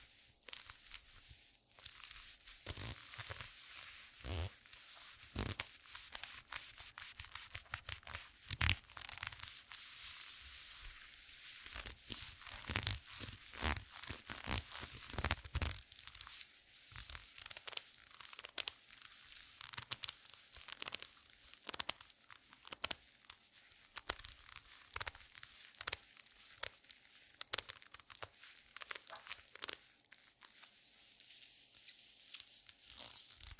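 A leather glove squeaks and creaks as it flexes, in quick irregular bursts of crisp, crinkly friction that run almost without pause for the whole stretch. The sounds are bright and rasping, with sharp louder squeaks scattered throughout, such as one near nine seconds.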